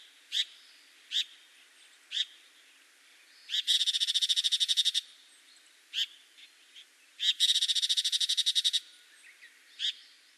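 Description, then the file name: Tiger shrike giving scattered single harsh, scratchy notes, broken by two fast chattering rattles of many notes, each lasting over a second. Fukushima, 9 June 2021. "chigomouzu fukushima abe"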